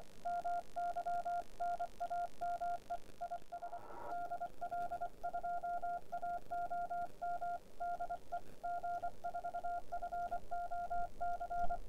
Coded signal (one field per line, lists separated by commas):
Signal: Morse code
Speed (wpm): 24 wpm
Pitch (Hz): 700 Hz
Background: none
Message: MY NAME IS DL2AOM DE G4FOC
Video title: G0PNM's Keys #21 The Begali Signature